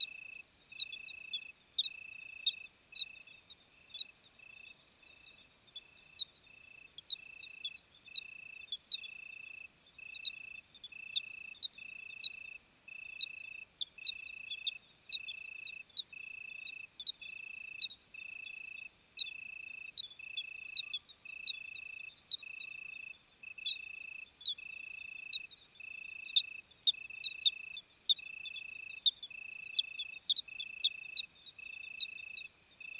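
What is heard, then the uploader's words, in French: Summer crickets chirp in a steady, regular pulse, a narrow high-pitched trill repeating roughly twice a second throughout. Sharper bright clicks and ticks from other insects scatter over the top, and a thin hiss sits high above everything, with almost nothing low underneath. SOIRÉE DE GRILLONS D’ÉTÉ. 21h15 - Plateau de Lesches en diois - Nagra seven - B&K omni. Voici un retour deux mois en arrière durant une de ces chaudes nuits de l'été.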